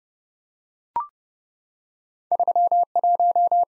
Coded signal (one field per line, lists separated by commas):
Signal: Morse code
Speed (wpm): 29 wpm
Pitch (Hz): 700 Hz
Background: none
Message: 31